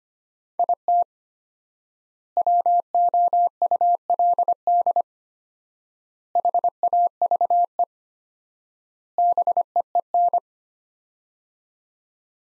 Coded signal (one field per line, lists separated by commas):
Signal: Morse code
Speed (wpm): 25 wpm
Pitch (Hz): 700 Hz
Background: none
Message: IT WOULD HAVE BEEN